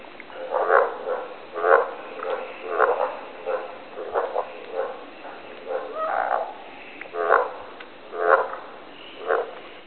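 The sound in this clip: Frog croaking, raspy mid-pitched bursts repeated about once a second.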